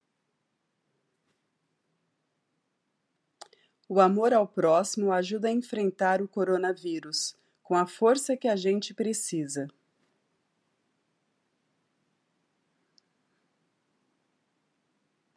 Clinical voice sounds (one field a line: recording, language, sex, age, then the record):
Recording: spoken sentence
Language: Brazilian Portuguese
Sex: female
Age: 50 to 59 years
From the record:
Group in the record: control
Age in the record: 56 years